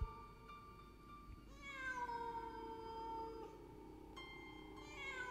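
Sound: cat meowing several times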